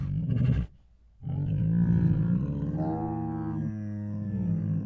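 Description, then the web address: Tiger groan, a short rumbling burst, a brief pause, then a long drawn-out moaning groan. Hungry tiger groans, huffs, moans and snores. "Sound Ideas Tigers Sound Effects Hungry Groans, Huffs, Moans and Snores"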